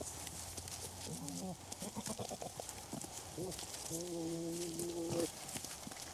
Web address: BBC Goats. wind in trees perspective varies as goats move around in front of microphone